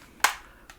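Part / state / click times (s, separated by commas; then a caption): glasses spacer pegs into VR headset lens housing / seated / 0.2 s. The two pegs on the nose piece of a plastic glasses spacer are lined up with the small holes in the lens housing of a Meta Quest 3S VR headset and pressed in. A sharp, bright click sounds at 0.2 s, and a much fainter tick follows near 0.7 s. The spacer pegs seat into the headset.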